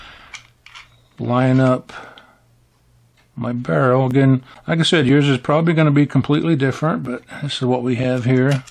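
During reassembly, a metal pistol slide is pulled back on the frame until the slide stop catches and holds it open. Sharp metallic clicks sound at 0.3 s and 0.7 s as the slide locks back, and the slide is seated open on the slide stop. Someone then talks for the rest of the clip.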